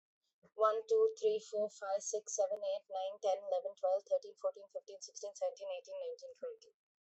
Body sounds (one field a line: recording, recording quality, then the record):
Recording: counting at a fast pace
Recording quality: excellent, no background noise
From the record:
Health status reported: COVID-19 positive, mild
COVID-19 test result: positive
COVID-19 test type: RT-PCR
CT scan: not taken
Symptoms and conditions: fever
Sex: female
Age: 23 years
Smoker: yes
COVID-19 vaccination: both doses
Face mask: not worn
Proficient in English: yes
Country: India